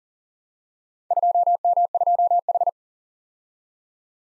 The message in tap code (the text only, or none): none